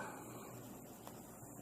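A metal meat grinder attachment is handled at the front accessory hub of a stand mixer, with the tab pulled out and the set screw loosened. Steady low background noise runs throughout, with one brief faint tap near 1.1 s. The attachment has not seated or clicked into the hub yet.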